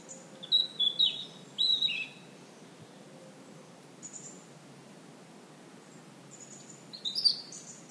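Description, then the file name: European robin singing thin, high whistled phrases in short bursts near the start, then a pause, then another high sweeping phrase near the end. "Erithacus rubecula"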